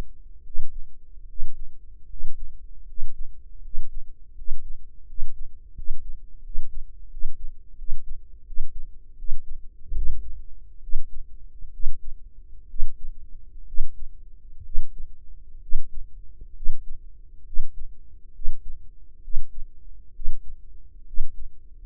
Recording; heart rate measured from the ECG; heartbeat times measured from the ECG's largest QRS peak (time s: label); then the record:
heart sounds by microphone in the right ear; 73 bpm
0.39 s: heartbeat
1.22 s: heartbeat
2.03 s: heartbeat
2.81 s: heartbeat
3.57 s: heartbeat
4.31 s: heartbeat
5.02 s: heartbeat
5.71 s: heartbeat
6.39 s: heartbeat
7.07 s: heartbeat
7.74 s: heartbeat
8.43 s: heartbeat
9.14 s: heartbeat
9.93 s: heartbeat
10.79 s: heartbeat
11.70 s: heartbeat
12.66 s: heartbeat
13.64 s: heartbeat
14.62 s: heartbeat
15.59 s: heartbeat
16.53 s: heartbeat
17.43 s: heartbeat
18.32 s: heartbeat
19.20 s: heartbeat
20.12 s: heartbeat
21.04 s: heartbeat
From the record:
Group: healthy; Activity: breath hold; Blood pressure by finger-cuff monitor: 104/70 mmHg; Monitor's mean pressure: 85 mmHg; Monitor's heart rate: 73 bpm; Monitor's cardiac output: 6.1 L/min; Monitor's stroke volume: 80 mL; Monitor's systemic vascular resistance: 970 dyn s/cm5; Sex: female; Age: 23 years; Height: 160 cm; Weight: 50.4 kg